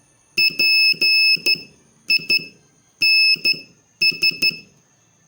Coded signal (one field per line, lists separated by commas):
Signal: Morse code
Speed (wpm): 13 wpm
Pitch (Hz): 2600 Hz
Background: none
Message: PINS